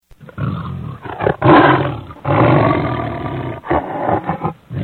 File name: Lion